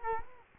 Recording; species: mosquito wingbeat signal from an infrared sensor; Culex quinquefasciatus